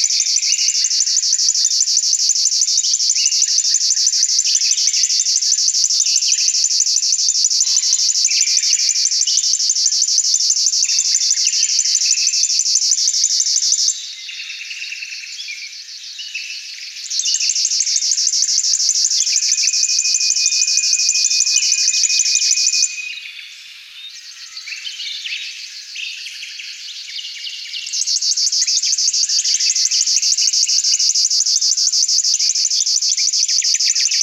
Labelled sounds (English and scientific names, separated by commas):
River Warbler (Locustella fluviatilis) song